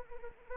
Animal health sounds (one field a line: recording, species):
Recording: mosquito wingbeat signal from an infrared sensor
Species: Anopheles arabiensis